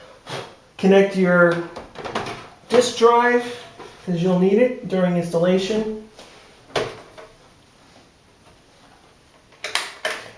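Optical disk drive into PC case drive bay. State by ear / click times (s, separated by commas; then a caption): seated / 9.8 s. Someone talks while an optical disk drive is slid into a Cooler Master PC case's tool-less drive bay and the bay's latch button is pressed. Scattered knocks follow the speech, and the loudest, sharpest hit at 9.8 s marks the drive locking in place, seated.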